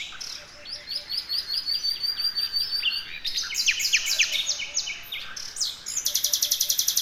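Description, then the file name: Common nightingale song opening with evenly repeated high whistled notes, moving into varied chattering phrases and ending in a loud, fast pulsed trill. "Luscinia megarhynchos"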